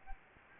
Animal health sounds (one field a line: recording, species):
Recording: mosquito wingbeat signal from an infrared sensor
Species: Anopheles gambiae